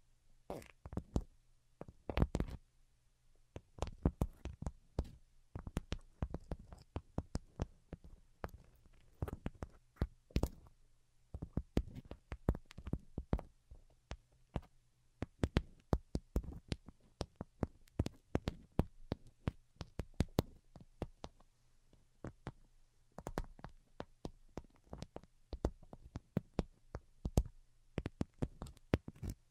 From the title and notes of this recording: Most Delicate and Calming Tapping. (No Talking).